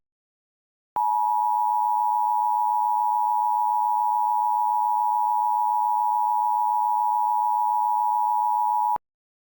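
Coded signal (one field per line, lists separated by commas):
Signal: Emergency Alert System (SAME) tones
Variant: 853 and 960 Hz attention tone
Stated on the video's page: Fictional EAS scenario containing valid SAME tones.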